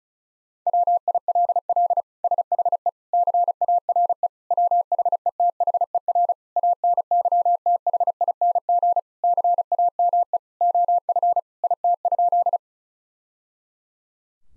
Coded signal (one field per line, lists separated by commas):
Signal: Morse code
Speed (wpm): 34 wpm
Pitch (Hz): 700 Hz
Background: none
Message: WILL SHE CARE WHETHER ANYTHING CAME OF IT?